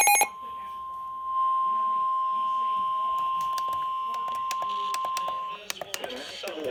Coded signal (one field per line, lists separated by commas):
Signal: Emergency Alert System (SAME) tones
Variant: 1050 Hz attention tone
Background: speech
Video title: EAS Severe Thunderstorm Warning EAS#65